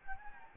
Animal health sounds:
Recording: mosquito wingbeat signal from an infrared sensor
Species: Anopheles gambiae

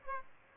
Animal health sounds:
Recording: mosquito wingbeat signal from an infrared sensor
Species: Aedes aegypti

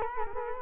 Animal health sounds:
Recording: mosquito wingbeat signal from an infrared sensor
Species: Culex quinquefasciatus

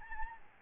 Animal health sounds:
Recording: mosquito wingbeat signal from an infrared sensor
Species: Aedes albopictus

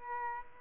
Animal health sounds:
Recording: mosquito wingbeat signal from an infrared sensor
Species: Aedes albopictus

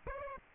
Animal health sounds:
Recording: mosquito wingbeat signal from an infrared sensor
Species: Aedes albopictus

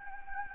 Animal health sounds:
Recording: mosquito wingbeat signal from an infrared sensor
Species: Anopheles gambiae

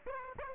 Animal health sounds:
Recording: mosquito wingbeat signal from an infrared sensor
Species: Aedes aegypti

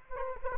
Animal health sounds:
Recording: mosquito wingbeat signal from an infrared sensor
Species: Culex quinquefasciatus

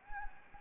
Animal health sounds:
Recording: mosquito wingbeat signal from an infrared sensor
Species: Anopheles gambiae

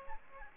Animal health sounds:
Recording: mosquito wingbeat signal from an infrared sensor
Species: Aedes aegypti

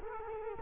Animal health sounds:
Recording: mosquito wingbeat signal from an infrared sensor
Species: Culex quinquefasciatus

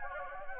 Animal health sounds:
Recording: mosquito wingbeat signal from an infrared sensor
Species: Anopheles gambiae

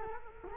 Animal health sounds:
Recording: mosquito wingbeat signal from an infrared sensor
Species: Culex quinquefasciatus

